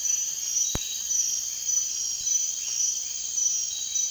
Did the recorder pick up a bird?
no